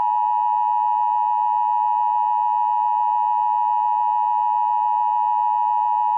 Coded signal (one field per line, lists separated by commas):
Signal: Emergency Alert System (SAME) tones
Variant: 853 and 960 Hz attention tone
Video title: Foxy Rates EAS Alarms Part 9: The Return :)